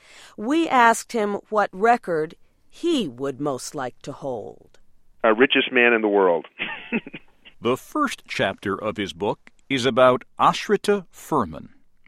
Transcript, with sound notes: We asked him what record he would most like to hold.
"Uh, richest man in the world [laughs]
The first chapter of his book is about Ashrita Furman.